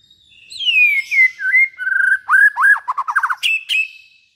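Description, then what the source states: White-rumped shama singing a short phrase of descending whistles followed by quick rising and falling slurred notes and a high final flourish. Used as a lure for trapping.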